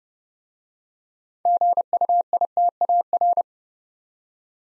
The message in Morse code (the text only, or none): GUITAR